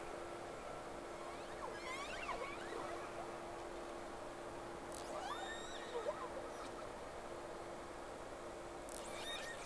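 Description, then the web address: Whale whistles: thin rising and falling sweeps in a few bursts, over a steady tone and a hissy background. Two whales, recorded 3 October 2006, Round 1. "Sea Snake 10-3-06 Whales X 2 11-30 Round 1"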